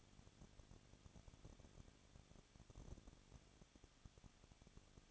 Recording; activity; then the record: daily activity, microphone in the room; no activity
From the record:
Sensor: 4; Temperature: 23.1 degrees Celsius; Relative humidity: 34.3%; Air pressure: 1007.2 hPa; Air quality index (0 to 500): 216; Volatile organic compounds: 15 ppm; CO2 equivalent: 2495 ppm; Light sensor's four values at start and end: 2/3/1/1 and 2/3/1/1